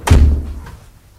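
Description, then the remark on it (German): A door swings shut with one heavy, low thud that rings out briefly, followed by a faint latch click a moment later. “Hier durch die Tür.”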